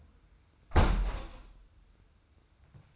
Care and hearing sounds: daily activity, microphone in the room; close window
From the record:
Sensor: 2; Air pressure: 990.2 hPa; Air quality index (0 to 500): 203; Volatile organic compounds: 1000 ppm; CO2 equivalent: 6497 ppm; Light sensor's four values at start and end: 23/54/22/22 and 23/55/22/22

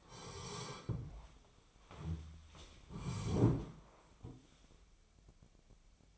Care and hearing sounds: daily activity, microphone in the room; sit down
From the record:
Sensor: 1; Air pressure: 1015.2 hPa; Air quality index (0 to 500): 189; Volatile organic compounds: 18 ppm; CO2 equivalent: 2638 ppm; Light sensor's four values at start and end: 9/21/9/10 and 12/29/12/13

